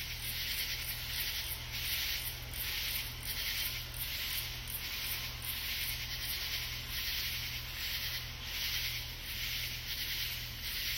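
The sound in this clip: Katydid raspy pulsed calls, bursts recurring roughly once a second, with continuous high-pitched hiss behind.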